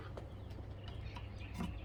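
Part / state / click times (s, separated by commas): wiper blade housing onto wiper arm hook / not seated / none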